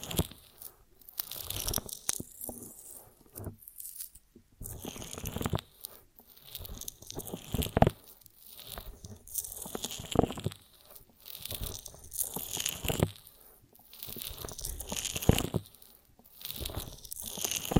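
Honeycomb on a branch is bitten and chewed in repeated crunchy, sticky bursts, each a few seconds long with short quiet gaps between. The crackles are bright and crisp, with wet tearing and crinkling textures, and a few sharper snaps stand out near 8, 10 and 15 seconds.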